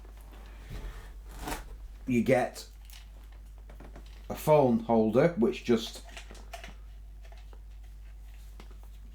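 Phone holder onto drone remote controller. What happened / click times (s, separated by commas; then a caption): The holder is handled but has not yet clicked home / none. A plastic phone holder is handled near the remote controller of a Potensic T25 drone, with soft rustling and a few faint taps while someone talks. The holder has not clicked onto the controller yet; nothing has seated.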